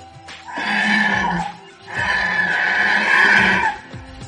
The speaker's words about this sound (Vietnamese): Thiên Ngô phát ra tiếng kêu như hổ, như trâu.